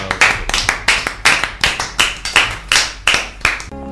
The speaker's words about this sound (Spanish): Gracias por haber estado aquí y de verdad un aplauso enorme para vosotros. Gracias. Gracias.